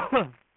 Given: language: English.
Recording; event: throat vibration sensor signal played as sound; cough